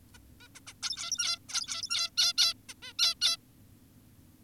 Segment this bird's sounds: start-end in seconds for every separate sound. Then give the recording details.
0.14-0.18, 0.41-0.48, 0.55-0.60, 0.67-0.74, 0.83-1.39, 1.49-2.10, 2.18-2.33, 2.38-2.54, 2.69-2.74, 2.82-2.93, 2.99-3.14, 3.22-3.37. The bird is an adult. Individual g17y2U